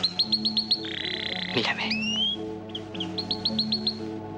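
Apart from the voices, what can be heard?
bird chirping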